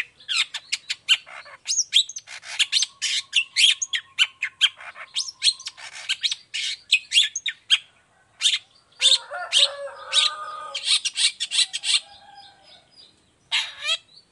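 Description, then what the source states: Long-tailed shrike song: a dense, chattering run of quick high notes and clicks, a harsh buzzy phrase, then scattered chirps. Chatty (gacor) long-tailed shrike singing in the morning with the 'toet toet' variation; clear voice, full variation, easy for any shrike to imitate.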